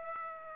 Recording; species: mosquito wingbeat signal from an infrared sensor; Aedes aegypti